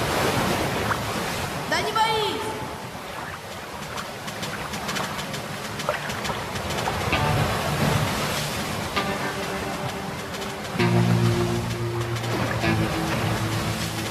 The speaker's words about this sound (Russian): Сбоку накатывают волны.